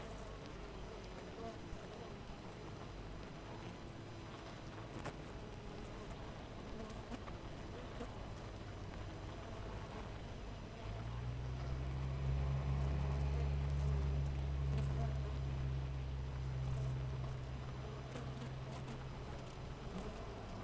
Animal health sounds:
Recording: honeybee colony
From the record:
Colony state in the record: missing queen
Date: 14 July 2017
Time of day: 6:10

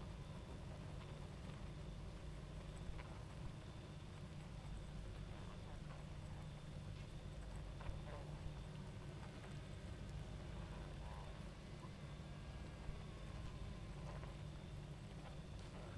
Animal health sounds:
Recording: honeybee colony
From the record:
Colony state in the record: active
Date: 28 July 2017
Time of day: 22:32

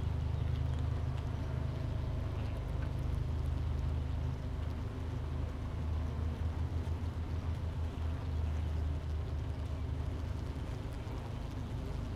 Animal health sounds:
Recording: honeybee colony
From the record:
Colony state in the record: missing queen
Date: 31 May 2018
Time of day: 9:58

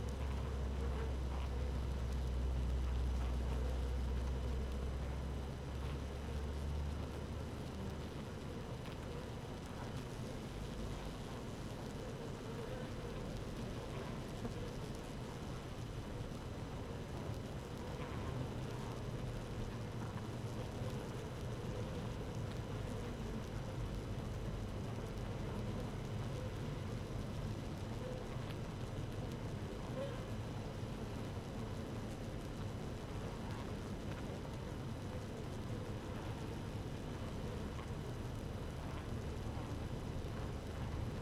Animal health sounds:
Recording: honeybee colony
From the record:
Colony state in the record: active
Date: 12 June 2018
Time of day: 15:11

